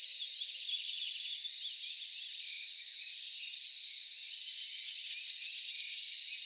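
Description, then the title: Dusky-tailed antbird song: a rapid, slightly accelerating series of several sharp high notes near the end, over a steady hiss. "LuckyPassaro Completos2Sama. Dusky-tailed Antbird (Drymophila malura)"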